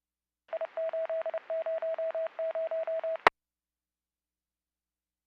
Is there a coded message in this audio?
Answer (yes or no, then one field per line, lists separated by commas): yes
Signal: Morse code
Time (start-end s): 0.5-3.3 s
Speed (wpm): 36 wpm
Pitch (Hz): 650 Hz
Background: none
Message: I800E